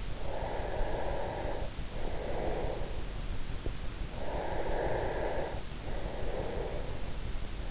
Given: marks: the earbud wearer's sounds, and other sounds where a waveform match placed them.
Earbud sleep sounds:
sounds in sleep by an in-ear microphone; breath
0.00-3.20 s: breath
4.05-7.35 s: breath

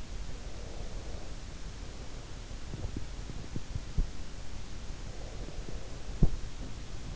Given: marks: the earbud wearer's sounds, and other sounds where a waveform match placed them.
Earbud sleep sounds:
sounds in sleep by an in-ear microphone; breath, teeth grinding
0.02-2.94 s: breath
2.78-4.34 s: teeth grinding
4.47-7.16 s: breath
5.96-6.77 s: teeth grinding

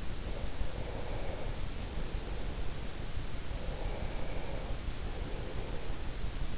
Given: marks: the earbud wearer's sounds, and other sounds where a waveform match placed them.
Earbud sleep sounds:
sounds in sleep by an in-ear microphone; breath
0.17-2.98 s: breath
3.40-6.57 s: breath

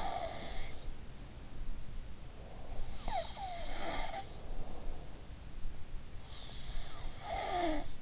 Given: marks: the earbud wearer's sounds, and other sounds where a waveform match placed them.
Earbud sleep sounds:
sounds in sleep by an in-ear microphone; breath
0.00-0.89 s: sound from someone else or the room
2.29-2.84 s: breath
2.85-5.40 s: sound from someone else or the room
6.17-8.02 s: sound from someone else or the room

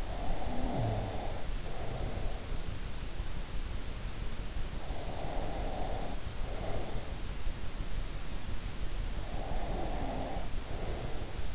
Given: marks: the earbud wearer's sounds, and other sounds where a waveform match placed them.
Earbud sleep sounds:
sounds in sleep by an in-ear microphone; breath
0.00-2.65 s: breath
4.84-7.17 s: breath
9.09-11.55 s: breath

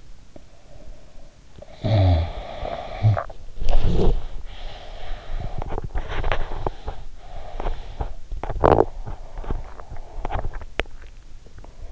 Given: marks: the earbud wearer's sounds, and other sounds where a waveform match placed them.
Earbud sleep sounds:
sounds in sleep by an in-ear microphone; teeth grinding, snoring breath, swallowing, body movement, breath
0.34-1.37 s: teeth grinding
1.78-4.43 s: snoring breath
2.60-3.54 s: swallowing
4.43-6.66 s: body movement
4.56-7.06 s: breath
6.08-10.68 s: teeth grinding
7.29-10.85 s: breath
10.45-11.92 s: swallowing

